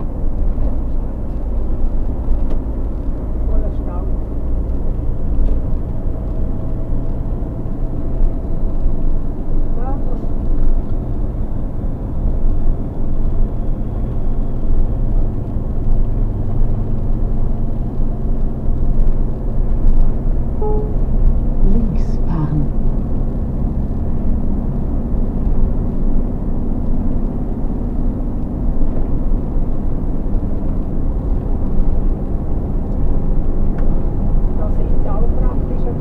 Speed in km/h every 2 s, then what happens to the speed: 64, 66, 68, 70, 72, 74, 74, 74, 75, 75, 77, 79, 81, 83, 83, 85, 87, 88.
0-9 speeds up to 74. 9-18 steady at about 74. 18-36 speeds up to 88.